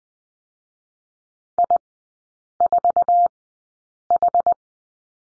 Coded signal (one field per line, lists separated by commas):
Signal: Morse code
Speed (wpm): 20 wpm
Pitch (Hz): 700 Hz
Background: none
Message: I4H